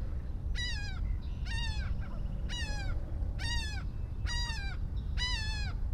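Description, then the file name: Laughing gull: six strong, nasal, drooping calls spaced about a second apart, each slurring downward, against a continuous low-pitched rumble. Recorded in Maryland on 15 April 2012. "Laughing Gull FSP MD 20120415"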